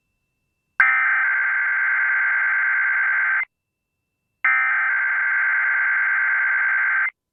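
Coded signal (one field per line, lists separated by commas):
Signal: Emergency Alert System (SAME) tones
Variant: header bursts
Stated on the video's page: Required Monthly Tests for Los Angeles and Nevada, plus automatic Required Weekly Tests from two radio stations.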